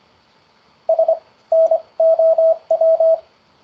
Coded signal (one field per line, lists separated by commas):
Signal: Morse code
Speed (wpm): 25 wpm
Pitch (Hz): 650 Hz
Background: none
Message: SNOW